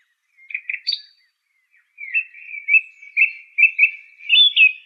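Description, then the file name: Song thrush song: a few short notes, then a long string of rapid repeated warbling notes. "suara kicauan burung song thrush. omkicau"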